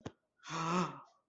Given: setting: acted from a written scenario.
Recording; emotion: vocal sound without words; awe